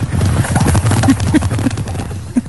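Horse hooves clip-clop in a steady, repeated rhythm of hollow knocks over a low, continuous rumble, lasting a couple of seconds at a fairly loud level.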